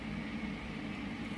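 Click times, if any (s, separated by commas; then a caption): none. A plastic protective cover is being handled over the head of a DJI Osmo Pocket 4 pocket gimbal camera, where it will lock the gimbal in place. Only a steady, even broadband hiss with a low hum is heard, with no distinct click or impact. Nothing has seated or clicked yet.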